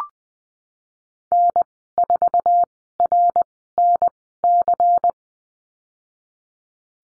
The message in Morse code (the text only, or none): N4RNC